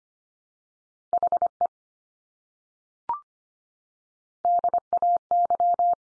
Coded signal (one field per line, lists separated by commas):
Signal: Morse code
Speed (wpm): 25 wpm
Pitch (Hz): 700 Hz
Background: none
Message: HE DAY